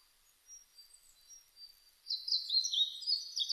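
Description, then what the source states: Blue-and-white flycatcher song: faint high whistles at first, then a loud burst of sweet, rapidly sliding whistled notes in the final second and a half. Recorded on 1 May 2005.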